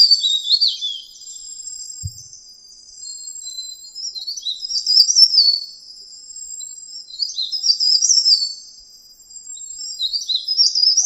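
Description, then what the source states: Mountain leaf warbler singing high, thin warbled phrases that rise and fall, coming in bursts every few seconds, over a steady high-pitched whine. Local name cikrak daun; song style called ngeroll.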